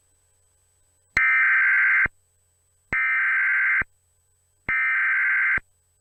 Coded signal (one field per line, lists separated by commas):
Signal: Emergency Alert System (SAME) tones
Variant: header bursts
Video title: Eas Scenario 002 - Nuclear Power Plant Incident